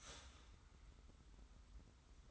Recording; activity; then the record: daily activity, microphone in the room; start toaster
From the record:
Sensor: 3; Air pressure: 990.6 hPa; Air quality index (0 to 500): 158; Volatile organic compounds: 745 ppm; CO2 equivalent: 5083 ppm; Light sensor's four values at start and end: 42/99/40/38 and 42/99/40/38